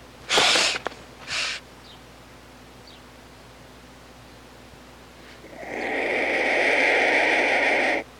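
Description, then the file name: Black vulture hissing: two brief harsh bursts early, then a long steady breathy hiss with a banded tone lasting about three seconds. "Urubu"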